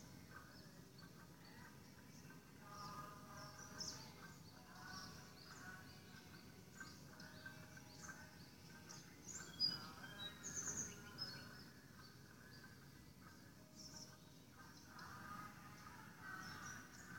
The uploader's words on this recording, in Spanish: Mi ventana - Amancer. Hyderabad - India - January - February 2016.